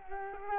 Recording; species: mosquito wingbeat signal from an infrared sensor; Culex quinquefasciatus